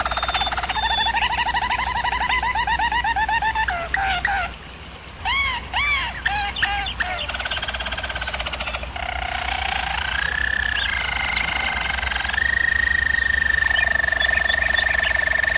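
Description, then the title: German Roller canary song: a run of repeated notes, several arched whistles, then rolling trills settling into a long, steady high roll. Canary training recording of a German Roller canary singing. "German Roller Canary Singing - Canary Training Vid"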